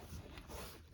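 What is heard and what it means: On a 2021-2026 Toyota Sienna front door, the master window switch assembly is lined up and pressed straight down into the plastic door trim panel. A short snap at 0.4 s marks its clips engaging, and the panel is seated.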